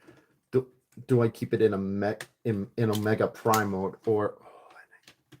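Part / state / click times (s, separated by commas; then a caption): plastic limb or panel into a transforming toy figure body / seated / 5.1 s, 5.3 s. Someone talks while a plastic limb or panel is pressed into the body of a large transforming collectible toy figure. Two short, quiet clicks follow at 5.1 s and 5.3 s as the part seats firmly in place.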